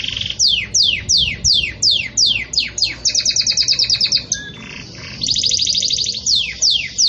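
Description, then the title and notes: Belgian canary song: repeated descending whistled sweeps, quick trills, a brief steady note, another trill and more sweeps, loud and continuous. Pure "campainha" (bell) song style with pauses, for training. "Canto Canário Belga Campainha Puro Com Pausa Para Treinamento. CANARIO BELGA"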